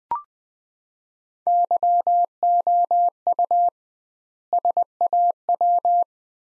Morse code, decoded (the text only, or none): YOU SAW